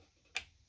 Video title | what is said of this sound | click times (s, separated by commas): 9 Connecting SATA SSDs and HDDs to your Mobo and PSU - PC Building Series | until it clicks and so it's nice and solidly placed now | 0.4 s